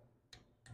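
A click-type torque wrench is pulled slowly on a gear reduction cover bolt of a Honda GX 340 small engine until it breaks over. A sharp click is heard at 0.3 s, followed by a second similar transient at 0.7 s. The wrench clicks at its setting, confirming the bolt is torqued.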